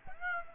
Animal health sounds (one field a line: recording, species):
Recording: mosquito wingbeat signal from an infrared sensor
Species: Aedes aegypti